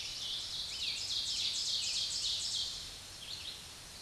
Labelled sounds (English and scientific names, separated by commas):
Ovenbird (Seiurus aurocapilla) song